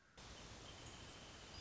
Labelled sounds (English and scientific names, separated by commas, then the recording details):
Wrentit (Chamaea fasciata)
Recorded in Sonoma County, California